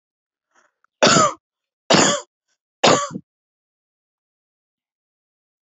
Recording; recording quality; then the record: shallow voluntary cough; excellent, no background noise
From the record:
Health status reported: healthy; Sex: male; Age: 25 years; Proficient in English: yes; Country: India